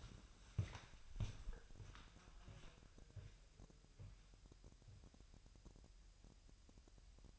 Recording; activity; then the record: daily activity, microphone in the room; walk to room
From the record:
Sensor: 2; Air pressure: 1001.8 hPa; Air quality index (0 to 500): 250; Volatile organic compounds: 37 ppm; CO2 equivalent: 3094 ppm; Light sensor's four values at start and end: 5/12/5/5 and 5/13/5/5